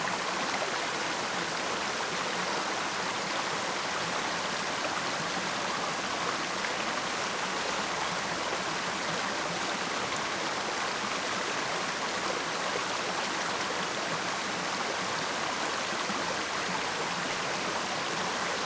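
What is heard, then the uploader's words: A rushing stream pours steadily and densely throughout, a bright, hissing wash of water with little low rumble and no changes or pauses. Rushing Stream.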